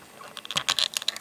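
A finished small bush, a plastic LEGO brick assembly, is set and pressed onto a base plate. A series of short, sharp clicks is heard at about 0.6, 0.7, 0.8, 0.8, 1.0 and 1.1 seconds as its studs engage. The bush ends up seated on the plate.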